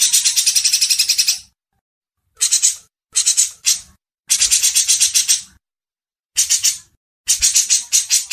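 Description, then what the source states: Grey-cheeked Bulbul uttering short, loud bursts of raspy, rattling notes, some runs lasting barely half a second, others over a second. Cucak jenggot song used for masteran training.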